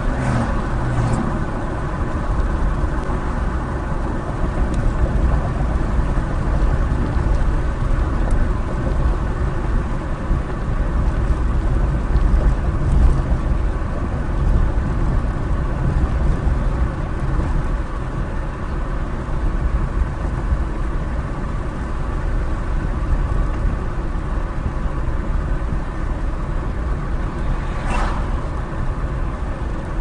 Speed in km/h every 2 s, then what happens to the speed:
64, 63, 64, 64, 61, 61, 60, 61, 60, 58, 58, 58, 56, 58, 58.
0-30 slows to 58.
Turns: none.